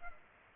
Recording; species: mosquito wingbeat signal from an infrared sensor; Culex pipiens